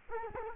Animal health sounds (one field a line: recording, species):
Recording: mosquito wingbeat signal from an infrared sensor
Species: Culex quinquefasciatus